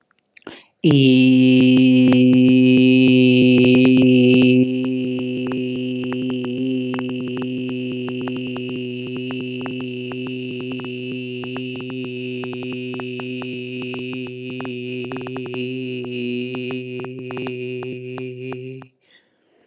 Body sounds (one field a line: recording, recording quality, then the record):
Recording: sustained vowel as in beet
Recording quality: excellent, no background noise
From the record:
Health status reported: healthy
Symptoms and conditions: none ticked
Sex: male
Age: 38 years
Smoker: not ticked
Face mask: not worn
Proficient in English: yes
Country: India